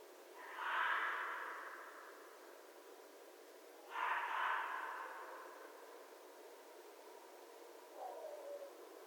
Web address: sounds mammals Red Fox 2012 01 11 Red Fox long